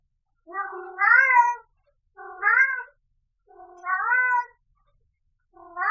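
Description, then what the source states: Cat giving long, wavering meows, three in full and a fourth beginning, with short silent gaps between them. Adult cat meowing.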